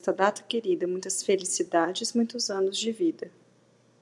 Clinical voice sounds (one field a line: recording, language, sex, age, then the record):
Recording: short text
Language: Brazilian Portuguese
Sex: female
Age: 30 to 39 years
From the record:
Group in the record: control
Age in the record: 38 years